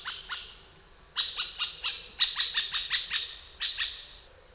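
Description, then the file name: Middle spotted woodpecker calls: short nasal, harmonic notes repeated rapidly in several runs of a few notes each, with brief pauses between runs. "Vidutinis Margasis Genys Middle Spotted Woodpecker - Dendrocoptes medius"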